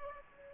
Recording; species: mosquito wingbeat signal from an infrared sensor; Aedes aegypti